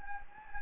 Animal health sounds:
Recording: mosquito wingbeat signal from an infrared sensor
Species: Anopheles gambiae

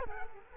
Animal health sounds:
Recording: mosquito wingbeat signal from an infrared sensor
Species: Culex quinquefasciatus

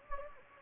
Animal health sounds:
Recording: mosquito wingbeat signal from an infrared sensor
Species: Anopheles gambiae

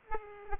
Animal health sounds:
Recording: mosquito wingbeat signal from an infrared sensor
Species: Aedes aegypti

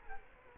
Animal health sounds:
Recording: mosquito wingbeat signal from an infrared sensor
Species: Culex quinquefasciatus

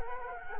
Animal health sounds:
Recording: mosquito wingbeat signal from an infrared sensor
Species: Culex quinquefasciatus

